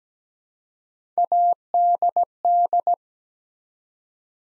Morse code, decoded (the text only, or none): ADD